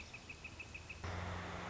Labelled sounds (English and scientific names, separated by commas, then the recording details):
Northern Flicker (Colaptes auratus)
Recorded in Sonoma County, California